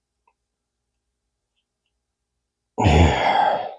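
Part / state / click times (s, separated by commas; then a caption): retaining clip on a fishing reel spool shaft / not seated / none. A small metal retaining clip is worked onto the spool shaft while reassembling the drag and spool assembly of a Zebco Cardinal 3 spinning reel. The clip is nearly silent apart from a faint tick at 0.3 s, then a loud, breathy, sigh-like rush starts at about 2.8 s and runs to the end. Nothing has seated or clicked yet.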